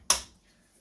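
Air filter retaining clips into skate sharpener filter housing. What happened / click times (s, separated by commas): The filter retaining clip clicked into place / 0.1 s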